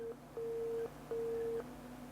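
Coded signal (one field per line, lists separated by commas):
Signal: beep code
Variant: Apple PowerBook G4 Titanium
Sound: steady mid-pitched beeps about half a second long, evenly spaced, with faint hum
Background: low hum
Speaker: okay so you get a hiss followed by three beeps and nothing else so I think for memory three beeps is a was very dirty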